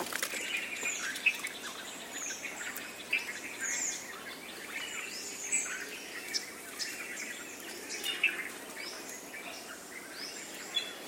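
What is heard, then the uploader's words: Birdsong fills a nature scene in India, with many overlapping chirps and tweets in a bright, busy chorus. Sharp calls stand out every second or two, near 1, 3, 5.5 and 8 seconds, over a steady hiss of outdoor background noise. Recorded in India. Field Recording Of India, Nature Sounds Of India.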